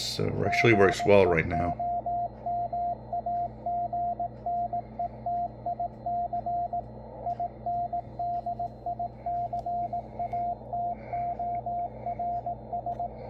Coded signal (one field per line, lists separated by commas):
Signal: Morse code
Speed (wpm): 18 wpm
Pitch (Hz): 700 Hz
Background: speech, radio noise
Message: GEOMAGNETIC INDICATORS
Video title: Yaesu FTdx10 Playing around with the CW Morse code decoder